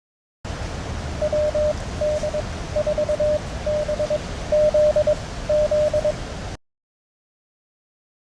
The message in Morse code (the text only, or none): WD4BZZ